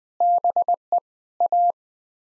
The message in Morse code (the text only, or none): BE A